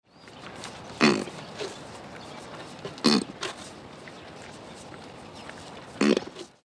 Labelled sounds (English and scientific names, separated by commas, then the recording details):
Plains Zebra (Equus burchellii)
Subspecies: boehmi
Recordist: Tembrock, Günter
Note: Männchen: Erst Lecken, dann Kurzlaute, während er mit den Zähnen in die Holzabsperrung beißt